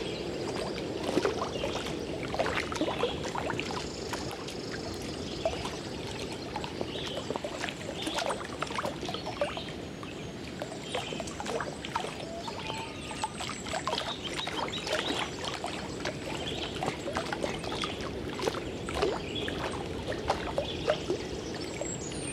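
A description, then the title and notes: A canoe moves through water, with a steady wash of lapping and trickling. Frequent short splashes and drips from the paddle come every second or so across the whole stretch, while a low, even rumble sits underneath. Into the Wilderness by Canoe.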